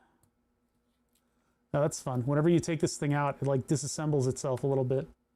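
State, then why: Not seated. A small USB programmer dongle is pulled out, and its plastic housing partly comes apart in hand before being snapped back onto its body. Someone talks from about 1.7 s to the end over a quiet background. Nothing has seated or clicked yet.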